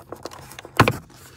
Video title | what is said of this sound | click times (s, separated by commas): Hyundai & KIA rear view mirror cover removal for Dongar adapter installation or tapping! | and you hear that snap there and then the other side should come right out | 0.8 s